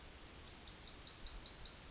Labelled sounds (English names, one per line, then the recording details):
Yellowhammer song
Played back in forest
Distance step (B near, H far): D
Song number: 054